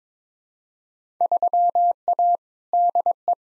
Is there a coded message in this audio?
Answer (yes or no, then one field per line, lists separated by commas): yes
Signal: Morse code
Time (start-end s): 1.2-3.3 s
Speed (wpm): 22 wpm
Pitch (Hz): 700 Hz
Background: none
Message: 3A DE